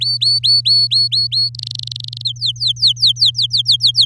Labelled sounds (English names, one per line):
Domestic Canary song